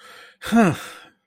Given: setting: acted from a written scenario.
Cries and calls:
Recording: vocal sound without words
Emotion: pride

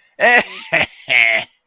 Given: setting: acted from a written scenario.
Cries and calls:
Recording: vocal sound without words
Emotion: triumph

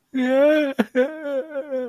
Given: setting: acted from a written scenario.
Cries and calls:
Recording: vocal sound without words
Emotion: sadness

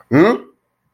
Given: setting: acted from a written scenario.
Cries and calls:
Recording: vocal sound without words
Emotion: anger

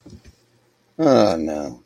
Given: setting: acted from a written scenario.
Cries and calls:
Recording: vocal sound without words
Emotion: shame

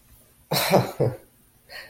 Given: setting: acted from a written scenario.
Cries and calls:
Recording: vocal sound without words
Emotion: embarrassment

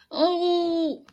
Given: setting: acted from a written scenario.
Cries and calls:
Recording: vocal sound without words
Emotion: negative surprise

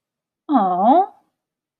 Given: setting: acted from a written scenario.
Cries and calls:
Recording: vocal sound without words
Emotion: adoration

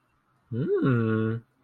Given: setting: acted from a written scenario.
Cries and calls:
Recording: vocal sound without words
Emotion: interest

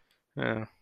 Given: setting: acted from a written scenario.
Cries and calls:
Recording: vocal sound without words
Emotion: disappointment

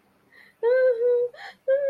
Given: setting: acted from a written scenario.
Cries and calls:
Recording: vocal sound without words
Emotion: sadness

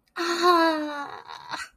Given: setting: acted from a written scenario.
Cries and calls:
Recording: vocal sound without words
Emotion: pain

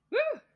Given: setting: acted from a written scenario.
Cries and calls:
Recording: vocal sound without words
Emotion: triumph

